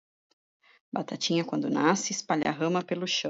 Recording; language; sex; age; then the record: short text; Brazilian Portuguese; female; 40 to 49 years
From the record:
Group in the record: control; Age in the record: 45 years